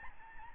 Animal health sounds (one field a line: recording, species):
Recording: mosquito wingbeat signal from an infrared sensor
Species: Aedes albopictus